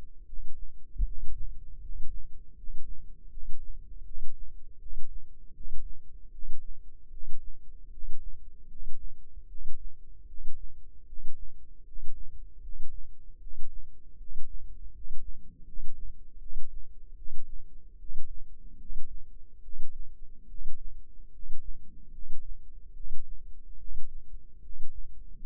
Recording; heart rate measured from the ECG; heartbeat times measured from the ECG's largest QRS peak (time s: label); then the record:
heart sounds by microphone in the left ear; 76 bpm
0.23 s: heartbeat
1.02 s: heartbeat
1.79 s: heartbeat
2.53 s: heartbeat
3.28 s: heartbeat
4.02 s: heartbeat
4.77 s: heartbeat
5.51 s: heartbeat
6.30 s: heartbeat
7.08 s: heartbeat
7.88 s: heartbeat
8.66 s: heartbeat
9.45 s: heartbeat
10.24 s: heartbeat
11.04 s: heartbeat
11.82 s: heartbeat
12.59 s: heartbeat
13.38 s: heartbeat
14.15 s: heartbeat
14.90 s: heartbeat
15.63 s: heartbeat
16.37 s: heartbeat
17.14 s: heartbeat
17.96 s: heartbeat
18.76 s: heartbeat
19.60 s: heartbeat
20.46 s: heartbeat
21.29 s: heartbeat
22.09 s: heartbeat
22.92 s: heartbeat
23.76 s: heartbeat
24.59 s: heartbeat
25.37 s: heartbeat
From the record:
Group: healthy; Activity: rest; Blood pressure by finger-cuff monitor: 98/59 mmHg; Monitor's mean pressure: 72 mmHg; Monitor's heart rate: 76 bpm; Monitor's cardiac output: 7.4 L/min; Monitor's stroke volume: 97 mL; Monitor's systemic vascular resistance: 670 dyn s/cm5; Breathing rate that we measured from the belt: 18 breaths a minute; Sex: male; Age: 35 years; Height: 180 cm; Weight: 86.9 kg